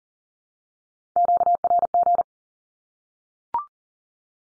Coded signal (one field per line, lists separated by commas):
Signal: Morse code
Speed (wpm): 37 wpm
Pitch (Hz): 700 Hz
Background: none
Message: QRG